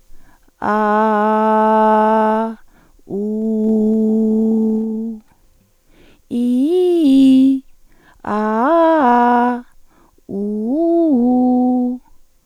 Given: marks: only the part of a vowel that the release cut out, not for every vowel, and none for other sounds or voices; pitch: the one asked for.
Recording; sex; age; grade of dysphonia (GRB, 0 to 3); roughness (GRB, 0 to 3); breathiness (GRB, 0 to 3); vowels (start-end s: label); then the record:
sustained vowels; female; 40 to 49 years; 1; 0; 1
0.78-2.35 s: vowel /a/, low pitch
3.21-4.90 s: vowel /u/, low pitch
6.39-7.47 s: vowel /i/, low-high-low pitch
8.37-9.47 s: vowel /a/, low-high-low pitch
10.39-11.84 s: vowel /u/, low-high-low pitch
From the record:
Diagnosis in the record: hyperfunctional dysphonia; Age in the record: 47 years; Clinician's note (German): Ponogen